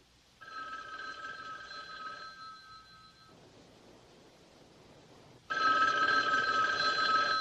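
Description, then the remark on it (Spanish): A telephone rings in a long, steady burst, falls silent under a soft hiss, then starts ringing again; the bright, buzzing trill repeats with no one picking up and no voices. “¿No contestan?”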